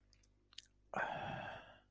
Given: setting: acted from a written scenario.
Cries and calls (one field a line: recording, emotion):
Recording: vocal sound without words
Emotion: desire